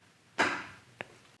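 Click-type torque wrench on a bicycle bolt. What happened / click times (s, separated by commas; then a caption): The torque wrench clicked at its set torque / 1.0 s. A click-type torque wrench set to 12 Nm tightens a bolt on a bicycle. A broad burst of noise begins around 0.4 s and fades, then the wrench gives one sharp click at 1.0 s. The bolt has reached the set torque.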